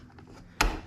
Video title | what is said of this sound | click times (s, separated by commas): Keurig K-Express Unboxing and Setup/First Brew! | actually push underneath here you can pop this out | 0.6 s